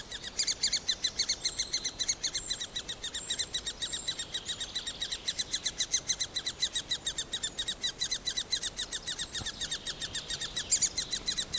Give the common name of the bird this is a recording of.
Great Spotted Woodpecker